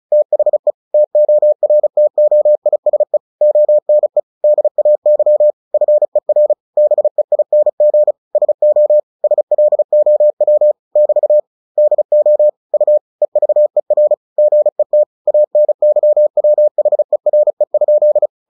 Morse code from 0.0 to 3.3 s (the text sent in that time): THE TORTOISE